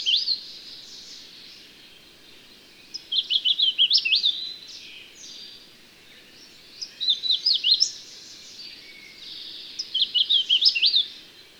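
Bird song, high chirping phrases of several quick notes repeated every few seconds, against a continuous soft hiss.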